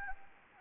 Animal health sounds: mosquito wingbeat signal from an infrared sensor; Anopheles gambiae

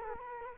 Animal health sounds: mosquito wingbeat signal from an infrared sensor; Culex quinquefasciatus

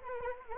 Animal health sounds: mosquito wingbeat signal from an infrared sensor; Anopheles arabiensis

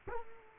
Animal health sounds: mosquito wingbeat signal from an infrared sensor; Culex quinquefasciatus

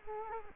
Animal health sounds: mosquito wingbeat signal from an infrared sensor; Culex quinquefasciatus

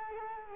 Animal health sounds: mosquito wingbeat signal from an infrared sensor; Culex quinquefasciatus

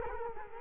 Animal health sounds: mosquito wingbeat signal from an infrared sensor; Culex quinquefasciatus

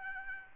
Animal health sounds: mosquito wingbeat signal from an infrared sensor; Aedes albopictus

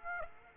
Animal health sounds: mosquito wingbeat signal from an infrared sensor; Aedes aegypti

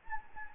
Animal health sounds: mosquito wingbeat signal from an infrared sensor; Anopheles gambiae

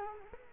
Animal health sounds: mosquito wingbeat signal from an infrared sensor; Culex quinquefasciatus

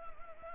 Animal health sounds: mosquito wingbeat signal from an infrared sensor; Anopheles gambiae

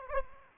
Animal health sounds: mosquito wingbeat signal from an infrared sensor; Aedes aegypti

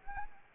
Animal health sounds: mosquito wingbeat signal from an infrared sensor; Anopheles arabiensis

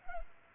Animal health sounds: mosquito wingbeat signal from an infrared sensor; Culex pipiens

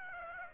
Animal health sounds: mosquito wingbeat signal from an infrared sensor; Aedes aegypti

